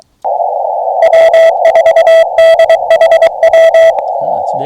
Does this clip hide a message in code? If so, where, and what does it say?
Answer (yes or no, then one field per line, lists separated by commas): yes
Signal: Morse code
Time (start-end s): 1.0-3.9 s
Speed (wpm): 23 wpm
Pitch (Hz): 1950 Hz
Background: speech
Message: W4DHW